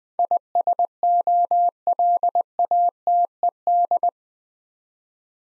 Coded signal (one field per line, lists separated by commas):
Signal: Morse code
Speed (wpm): 20 wpm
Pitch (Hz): 700 Hz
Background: none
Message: ISOLATED